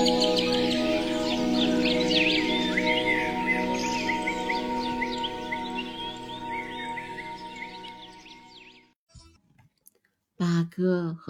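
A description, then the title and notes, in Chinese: Dense, bright birdsong chirps and twitters over sustained, held musical tones for the first nine seconds, then both fade to near silence. Around the tenth second a brief, loud burst of a voice breaks in near the end. 鸟鸣与音乐。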